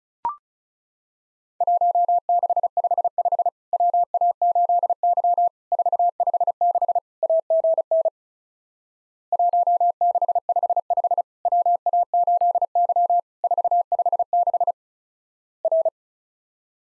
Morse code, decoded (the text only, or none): 1655 WA8Y 456 AGN 1655 WA8Y 456 R